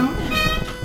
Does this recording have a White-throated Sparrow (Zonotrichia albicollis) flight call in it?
no